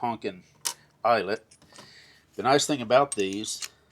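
Someone talks while handling a quick-change crimping die for a large yellow eyelet terminal, about to press it into the jaw of a ratcheting crimp tool, with a faint handling tap near 1.6 s. The die has not snapped in yet; nothing has seated or clicked.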